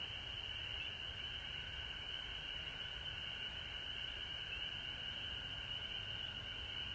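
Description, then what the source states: Frogs calling together in a constant high-pitched drone, with a softer lower tone beneath it and light background rumble throughout. Frogs recorded at home in Georgia on March 19, 2020.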